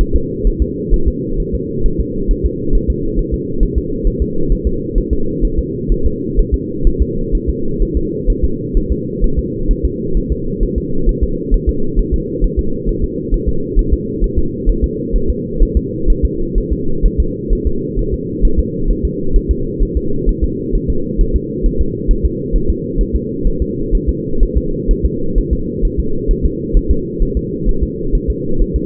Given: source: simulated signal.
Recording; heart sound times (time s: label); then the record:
fetal heart sounds
0.01 s: S1
0.16 s: S2
0.47 s: S1
0.62 s: S2
0.94 s: S1
1.08 s: S2
1.40 s: S1
1.55 s: S2
1.86 s: S1
2.00 s: S2
2.31 s: S1
2.45 s: S2
2.75 s: S1
2.90 s: S2
3.19 s: S1
3.34 s: S2
3.63 s: S1
3.78 s: S2
4.07 s: S1
4.22 s: S2
4.52 s: S1
4.67 s: S2
4.98 s: S1
5.13 s: S2
5.45 s: S1
5.59 s: S2
5.92 s: S1
6.06 s: S2
6.39 s: S1
6.54 s: S2
6.87 s: S1
7.02 s: S2
7.35 s: S1
7.49 s: S2
7.82 s: S1
7.97 s: S2
8.30 s: S1
8.44 s: S2
8.77 s: S1
8.92 s: S2
9.24 s: S1
9.39 s: S2
9.71 s: S1
9.85 s: S2
10.17 s: S1
10.32 s: S2
10.63 s: S1
10.78 s: S2
11.09 s: S1
11.23 s: S2
11.54 s: S1
11.69 s: S2
11.99 s: S1
12.14 s: S2
12.44 s: S1
12.59 s: S2
12.89 s: S1
13.04 s: S2
13.34 s: S1
13.49 s: S2
13.79 s: S1
13.93 s: S2
14.24 s: S1
14.39 s: S2
14.69 s: S1
14.84 s: S2
15.16 s: S1
15.30 s: S2
15.62 s: S1
15.77 s: S2
16.10 s: S1
16.25 s: S2
16.58 s: S1
16.72 s: S2
17.06 s: S1
17.20 s: S2
17.53 s: S1
17.67 s: S2
17.99 s: S1
18.14 s: S2
18.45 s: S1
18.59 s: S2
18.91 s: S1
19.05 s: S2
19.36 s: S1
19.51 s: S2
19.83 s: S1
19.97 s: S2
20.29 s: S1
20.44 s: S2
20.75 s: S1
20.90 s: S2
21.21 s: S1
21.36 s: S2
21.66 s: S1
21.81 s: S2
22.11 s: S1
22.25 s: S2
22.56 s: S1
22.70 s: S2
23.01 s: S1
23.16 s: S2
23.47 s: S1
23.62 s: S2
23.95 s: S1
24.09 s: S2
24.43 s: S1
24.57 s: S2
24.91 s: S1
25.05 s: S2
25.38 s: S1
25.53 s: S2
25.85 s: S1
25.99 s: S2
26.31 s: S1
26.45 s: S2
26.77 s: S1
26.91 s: S2
27.22 s: S1
27.37 s: S2
27.69 s: S1
27.83 s: S2
28.15 s: S1
28.30 s: S2
28.61 s: S1
28.76 s: S2
From the record:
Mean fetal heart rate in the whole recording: 130 bpm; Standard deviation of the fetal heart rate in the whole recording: 4 bpm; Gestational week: 38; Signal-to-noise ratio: -8.1 dB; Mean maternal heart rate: 72 bpm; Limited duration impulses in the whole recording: absent